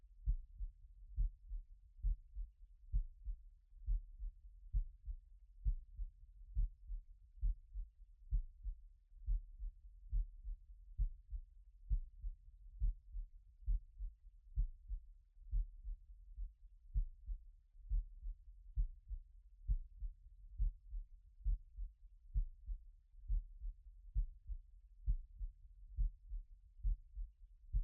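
Steady, regular low thumps in paired beats, about 65 a minute, heard close against the chest. They form a clear lub-dub heartbeat with no other sounds in the background.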